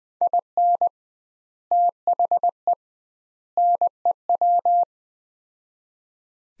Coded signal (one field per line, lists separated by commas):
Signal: Morse code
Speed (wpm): 20 wpm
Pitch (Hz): 700 Hz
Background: none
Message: IN THE NEW